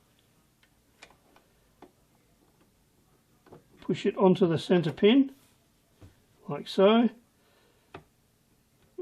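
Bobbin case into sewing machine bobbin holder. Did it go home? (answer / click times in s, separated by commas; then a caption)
yes / 7.9 s. A loaded bobbin case is pushed onto the center pin of a sewing machine, then wiggled backwards, forwards, left and right, with small faint ticks while someone talks. A sharp click at 8.0 s shows the bobbin case is seated in the bobbin holder.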